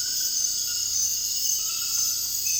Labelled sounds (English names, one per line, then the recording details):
none
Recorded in dense forest near Puerto Asís, Putumayo, Colombia, on 18 February 2024 at 03:30
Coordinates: 0.485, -76.318
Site G6408